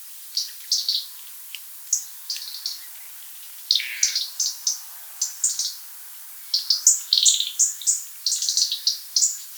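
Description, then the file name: European robin song: thin, high, varied twittering phrases with quick trills and sharp notes, broken by short pauses and growing busier near the end. "rotkehlchen"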